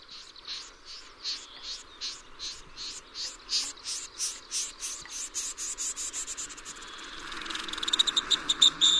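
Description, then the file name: Pin-tailed snipe calls, a steady series of short, sharp notes about three a second, gradually louder, ending in a faster, louder rattling burst. Recorded on 26 June 2006. "Galste Pural"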